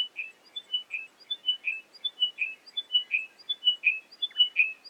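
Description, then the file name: Chiming wedgebill phrases of high whistled notes dropping in pitch, repeated in quick succession. "British Library - Chiming Wedgebill Sphenostoma occidentalis"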